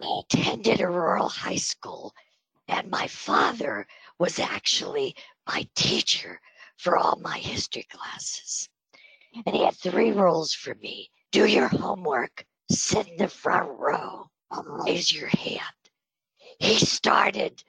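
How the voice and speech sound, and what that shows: Adult woman speaking with spasmodic dysphonia, treated with Botox. The voice is breathy, airy and weak, with creaky, devoiced word endings through steady speech.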